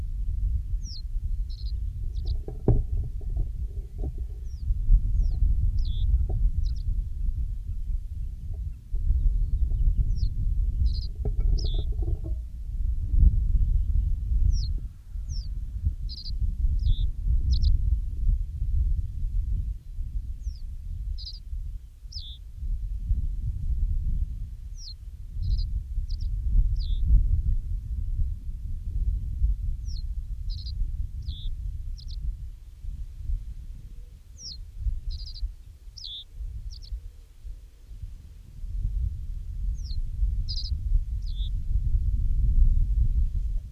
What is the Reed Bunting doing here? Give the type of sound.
song